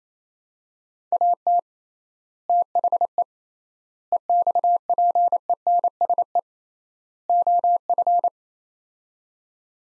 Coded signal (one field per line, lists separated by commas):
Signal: Morse code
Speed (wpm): 28 wpm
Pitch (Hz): 700 Hz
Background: none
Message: AT THE EXPENSE OF